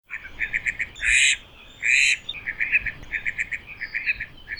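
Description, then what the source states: Laysan duck calls: a steady run of short chirping notes, twice broken by louder, harsher rasping bursts. Calls of the Laysan duck (Laysan teal), an endangered duck among the rarest in the world, from Hawaiʻi; courtesy of Xeno Canto.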